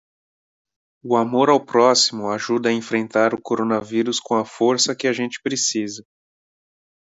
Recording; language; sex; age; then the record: spoken sentence; Brazilian Portuguese; male; 30 to 39 years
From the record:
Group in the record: control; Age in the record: 35 years